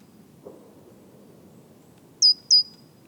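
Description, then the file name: Great tit call: a quick pair of high, thin notes with a slight downward flick, after a soft low knock, with faint background hiss throughout. "Parus major"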